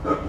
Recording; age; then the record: pig call; growing-finishing pig (85 days or more)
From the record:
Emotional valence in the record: positive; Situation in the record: run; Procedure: transit